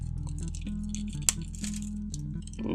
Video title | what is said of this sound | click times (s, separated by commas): Gunpla Reviews - Perfect Grade Gundam Exia [Lighting Model] - Part 2 | that was not a click here. Let's try that again. | none